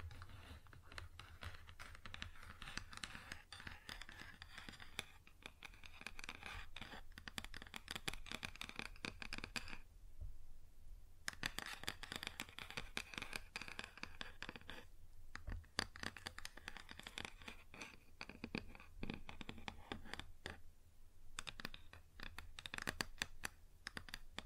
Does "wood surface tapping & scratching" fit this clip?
yes